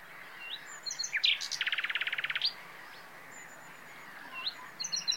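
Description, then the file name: Common nightingale singing a quick run of sharp notes into a rapid rattling series of identical pulses, then faint high whistles and chirps. "Luscinia megarhynchos"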